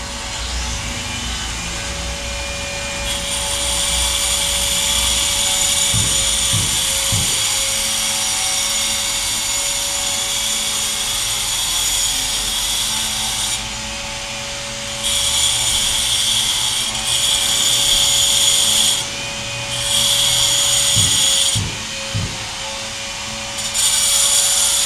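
Footbridge renovation work: a power tool grinds and hisses in long bright bursts with short pauses, over a steady mid-pitched machine hum.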